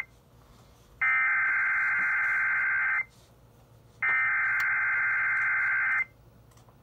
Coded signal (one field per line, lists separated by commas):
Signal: Emergency Alert System (SAME) tones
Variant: header bursts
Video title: Wisconsin SVA (7/27/21) EAS 324